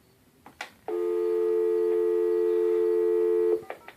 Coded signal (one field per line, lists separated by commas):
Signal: telephone call progress tone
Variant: North America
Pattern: dial tone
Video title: A 1980-1990s rotary phone